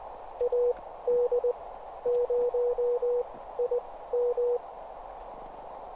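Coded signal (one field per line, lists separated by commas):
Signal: Morse code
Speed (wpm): 20 wpm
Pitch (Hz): 490 Hz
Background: none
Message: AD0IM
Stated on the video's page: CW Parks on the Air activation from a car on 20 meters with a ham stick antenna, by an inexperienced operator.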